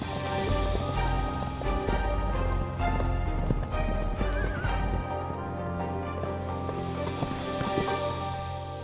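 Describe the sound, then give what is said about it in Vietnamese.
A troop of soldiers on horseback gallops out of the capital toward Khâu Phạ without stopping, with a rapid, steady clatter of hooves while loud, high whinnies ring out above the pounding rhythm, the busy sound continuing without a break throughout. “Ngay lập tức, một tớp lính cưỡi ngựa rời khỏi kinh thành, nhằm hướng Khâu Phạ đi một mạch không ngừng nghỉ.”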